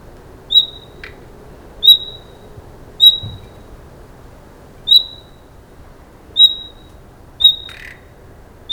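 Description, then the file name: Common nightingale calling with a thin, clear whistle repeated several times at intervals of one to two seconds. "Luscinia megarhynchos"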